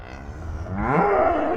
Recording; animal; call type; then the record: contact call of a hoofed animal; cattle; low-frequency (closed-mouth) or high-frequency (open-mouth) call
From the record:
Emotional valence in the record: negative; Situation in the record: separation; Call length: 1.57 s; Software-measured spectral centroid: 1000 Hz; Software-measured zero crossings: 1070 a second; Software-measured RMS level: -23 dBFS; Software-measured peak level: -5 dBFS